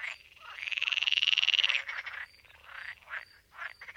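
Pool frog giving one long, rattling pulsed call that rises slightly in pitch for over a second, followed by shorter broken croaks.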